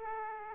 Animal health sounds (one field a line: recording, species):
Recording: mosquito wingbeat signal from an infrared sensor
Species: Aedes aegypti